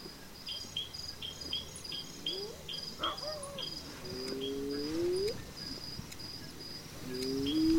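Hyena whoops, quiet and low, each gliding upward at the close, mixed with brisk insect chirps repeating in the background.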